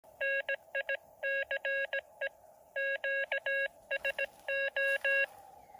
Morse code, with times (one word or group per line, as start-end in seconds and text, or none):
0.2-2.3 NICE
2.8-5.2 QSO